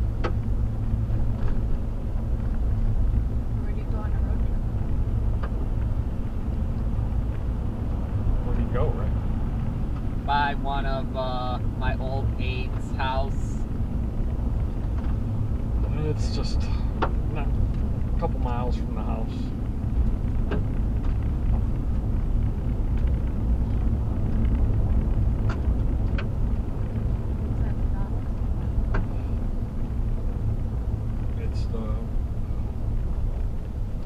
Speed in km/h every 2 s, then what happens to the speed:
40, 42, 45, 48, 50, 52, 52, 48, 47, 47, 48, 50, 50, 47, 45, 39, 32.
0-10 speeds up to 52. 10-25 steady at about 48. 25-34 slows to 32.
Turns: none.